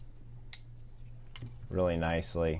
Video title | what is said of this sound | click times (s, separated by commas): Consiment Store Finds | and talk of these is really nice I mean it really snaps into place really | 0.5 s